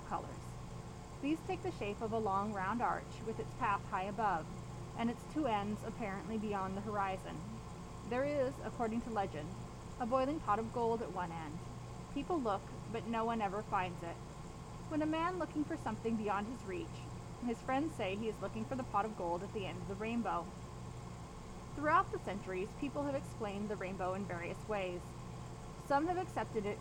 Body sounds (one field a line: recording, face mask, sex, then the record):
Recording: reading aloud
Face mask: surgical mask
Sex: female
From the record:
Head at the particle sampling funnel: turned sideways, cheek in front of it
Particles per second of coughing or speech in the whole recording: 0.435